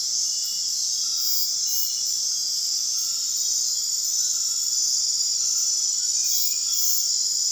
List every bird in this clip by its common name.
none